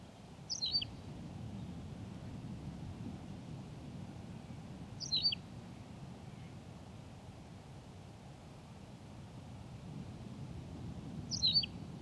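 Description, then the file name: Tawny pipit song: three short, high, descending chirped notes spaced several seconds apart against steady low background noise. "Pipit rousseline Anthus campestris"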